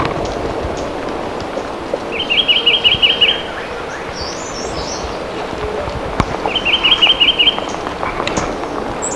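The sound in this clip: White-tailed nuthatch calling in two brisk bursts of clipped, evenly spaced notes, with thin high twitters between them over constant outdoor noise.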